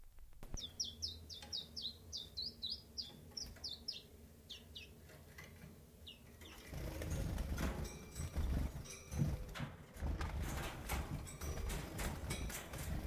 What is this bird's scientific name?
Phylloscopus collybita